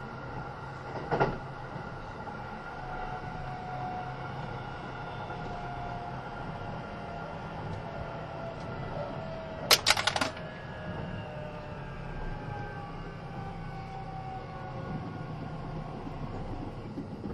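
Onboard a Kintetsu 80000 series Hinotori train running between Kintetsu Nagoya and Isuzugawa, a steady low rumble and whine of motion carry through. A few sustained tones drift slowly in pitch. Brief sharp clicks or clanks break in around one second and again near ten seconds.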